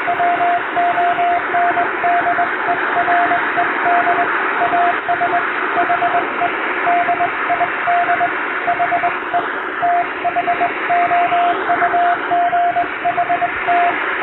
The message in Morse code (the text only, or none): WONDERED AS HE DID HE THOUGHT